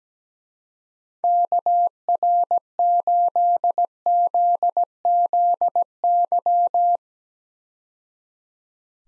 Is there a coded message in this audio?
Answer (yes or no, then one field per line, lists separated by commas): yes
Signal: Morse code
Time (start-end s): 1.2-7.0 s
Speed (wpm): 17 wpm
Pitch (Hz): 700 Hz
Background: none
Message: KR8ZZY